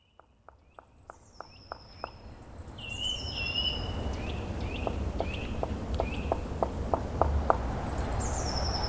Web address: agykontroll Madardalok Cd 1. Fekete harkály